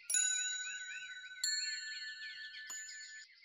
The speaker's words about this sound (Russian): И вдруг услышали звяканье колокольчика.